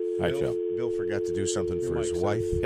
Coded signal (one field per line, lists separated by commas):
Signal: telephone call progress tone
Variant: North America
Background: speech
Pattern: dial tone